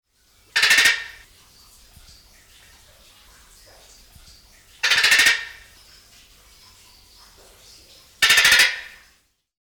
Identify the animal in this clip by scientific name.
Eclectus roratus